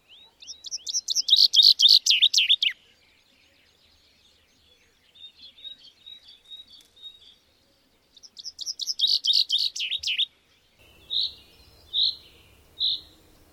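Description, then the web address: Bird song in rapid trilled bursts of high chirps, two long phrases separated by a quieter twittering passage, ending with three short separate notes. "madarak enek"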